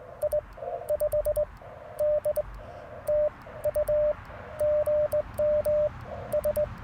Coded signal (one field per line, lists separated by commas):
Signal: Morse code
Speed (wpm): 21 wpm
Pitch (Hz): 590 Hz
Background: radio noise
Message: I 5 DTU GM S